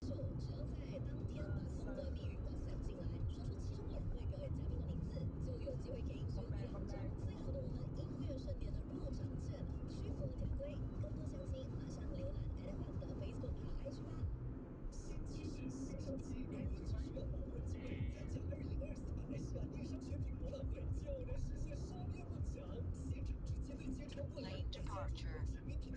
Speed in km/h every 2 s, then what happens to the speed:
73, 74, 74, 73, 73, 71, 71, 71, 70, 69, 67, 65, 62.
0-19 steady at about 71. 19-26 slows to 62.